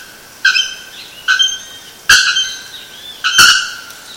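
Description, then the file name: Bare-throated bellbird uttering four ringing, metallic notes, roughly one per second. Recorded at Sítio Cachoeira, Mogi das Cruzes, São Paulo state, Brazil, on 7-2-15. "Procnias-nudicollis-sitiocachoeira-Mogidas Cruzes SP-BR-7-2-15-ASilveira"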